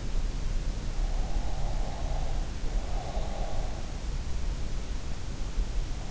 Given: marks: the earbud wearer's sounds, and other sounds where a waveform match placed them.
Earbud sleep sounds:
sounds in sleep by an in-ear microphone; breath
1.34-3.76 s: breath

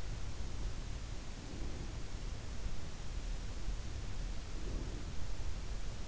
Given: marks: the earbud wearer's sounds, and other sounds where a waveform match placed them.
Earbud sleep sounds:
sounds in sleep by an in-ear microphone; breath
0.34-2.30 s: breath
3.37-5.29 s: breath

